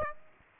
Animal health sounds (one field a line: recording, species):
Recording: mosquito wingbeat signal from an infrared sensor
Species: Aedes aegypti